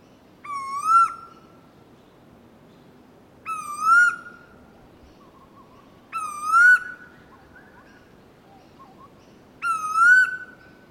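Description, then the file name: Bird giving a clear whistled call four times, about every three seconds; each note is slightly rising and ringing, with faint softer notes between. Unidentified bird call at Noosa. "BIRD UNKNOWN 04 NOOSA CALL"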